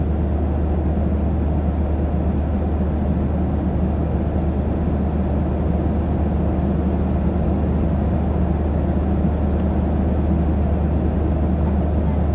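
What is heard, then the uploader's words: A steady, dense airplane cabin roar with a deep low hum and muffled midrange, unchanging throughout, with no distinct events. White Noise in Airplane Cabin.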